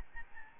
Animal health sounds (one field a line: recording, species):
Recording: mosquito wingbeat signal from an infrared sensor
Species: Aedes albopictus